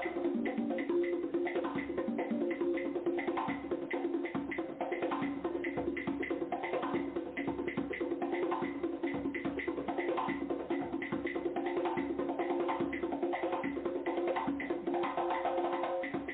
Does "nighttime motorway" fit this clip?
no